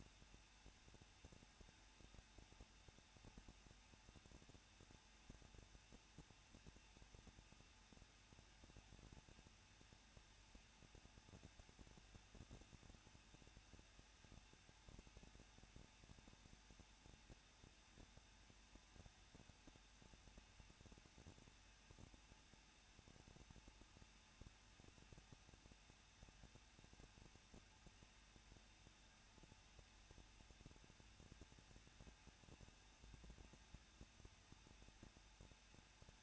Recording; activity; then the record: daily activity, microphone in the room; no activity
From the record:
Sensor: 2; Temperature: 21.0 degrees Celsius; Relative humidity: 37.5%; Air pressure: 1006.3 hPa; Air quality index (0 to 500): 223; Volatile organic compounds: 25 ppm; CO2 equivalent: 2834 ppm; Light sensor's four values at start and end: 2/3/2/2 and 2/3/2/2